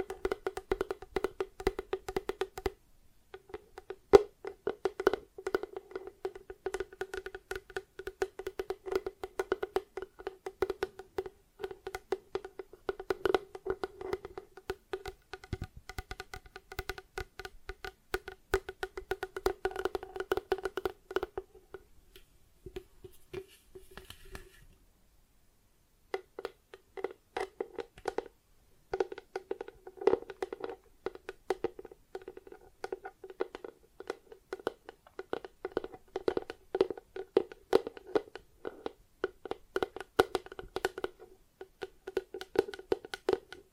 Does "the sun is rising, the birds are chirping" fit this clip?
no